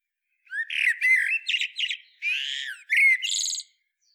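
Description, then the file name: Common blackbird giving harsh, squawking calls in several bursts over about three seconds against a silent background. "Turdus merula"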